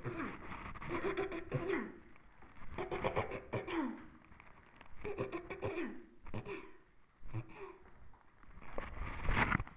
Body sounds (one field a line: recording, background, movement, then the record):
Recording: throat clearing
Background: quiet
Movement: sitting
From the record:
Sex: female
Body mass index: 18.3 kg/m2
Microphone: on the chest, facing the body